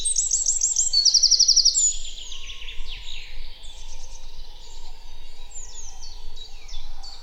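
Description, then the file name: Eurasian wren song opens with sharp high trills and a long rattling burst around the first second, then softer twittering continues. "Troglodytes troglodytes"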